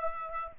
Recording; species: mosquito wingbeat signal from an infrared sensor; Aedes aegypti